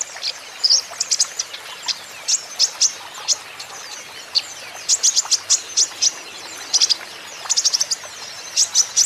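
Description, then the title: Van Hasselt's sunbird singing in rapid runs of piercing high chips and trills, phrases separated by short pauses, over a constant faint hiss. Caged young green-plumaged (konin ijoan) kolibri ninja in energetic (gacor) song; used as a lure and for training so untrained konin birds answer. "KOLIBRI NINJA KONIN IJOAN GACOR COCOK UNTUK PANCINGAN TERAPI KONIN BAHAN PASTI NYAUT"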